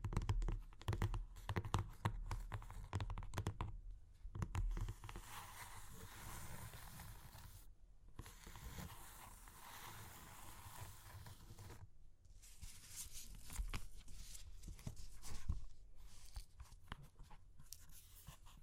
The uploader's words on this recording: Super Crunchy Clay Cracking (No Talking).